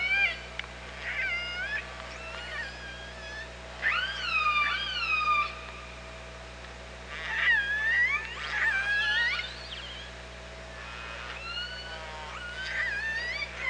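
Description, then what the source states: Orca calls, a busy sequence of whistled upswept and wavering calls with harmonics, overlapping at times, over a constant low hum. Recorded at OrcaLab on 24 August 2017 at 07:50.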